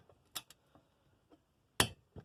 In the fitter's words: There's the click.